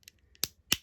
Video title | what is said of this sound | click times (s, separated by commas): Transformers generation one sixliner. Japanese exclusive combiner G1 complete collection. Six liner | But the good thing with these is the clips definitely let you know that they're in position. | 0.4 s, 0.7 s